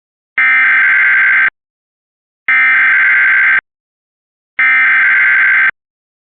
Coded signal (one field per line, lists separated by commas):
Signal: Emergency Alert System (SAME) tones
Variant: header bursts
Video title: (WXrchive) EMNET EAS Tornado Warning 1/10/26 (Comcast)